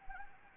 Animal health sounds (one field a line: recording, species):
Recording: mosquito wingbeat signal from an infrared sensor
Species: Anopheles gambiae